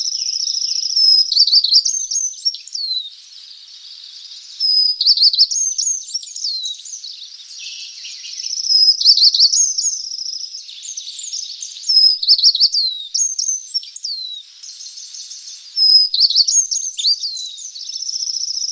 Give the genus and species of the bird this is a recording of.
Emberiza tristrami